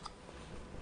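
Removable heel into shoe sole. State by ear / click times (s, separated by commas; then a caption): seated / 0.1 s. An interchangeable heel is clipped into a shoe's sole by pulling a tab and pushing the heel home. A short, sharp click at 0.1 s rises above a steady low background, confirming the heel has seated.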